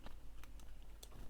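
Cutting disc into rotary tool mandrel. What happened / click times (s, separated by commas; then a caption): The small disc snapped onto the mandrel / 1.0 s. A small cutting disc is pushed onto the mandrel of a Dremel rotary tool, with faint ticks and scrapes at about 0.1, 0.4, 0.6 and 0.8 seconds. A sharp, bright click at 1.0 seconds marks the disc seating in place on the mandrel.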